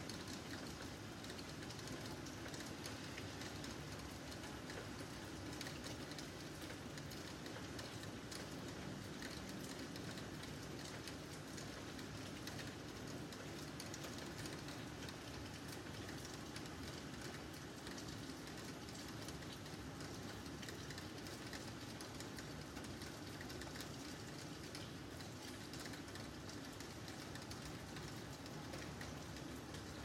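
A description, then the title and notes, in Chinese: Rain falls on a city night in a steady, dense hiss that never lets up across the whole stretch. A low, continuous rumble sits underneath, like traffic or a passing train, and no single drops or events stand out. 凌晨1点北京雨夜。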